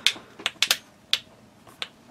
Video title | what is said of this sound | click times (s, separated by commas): Mlais MX69 FHD Test par GLG du JT Geek | Ça fait bien un bon bruit de clips. | 0.1 s, 0.6 s, 1.1 s, 1.8 s